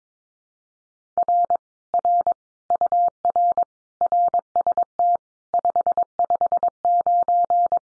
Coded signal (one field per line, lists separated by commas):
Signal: Morse code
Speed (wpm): 22 wpm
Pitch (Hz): 700 Hz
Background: none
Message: R R UR RST 559